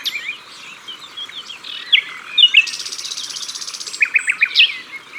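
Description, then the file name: Common nightingale song: varied phrases of sharp whistles and chirps, a loud buzzy rattling trill in the middle, then rapid repeated notes. Recorded at the water's edge. "Rossignol philomele Au bord de leau"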